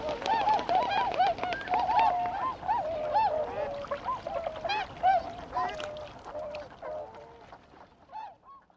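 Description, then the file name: Bewick's swans giving many short, yelping honks that overlap in a busy flock chorus, several callers at once, fading a little toward the end. "kohakucho"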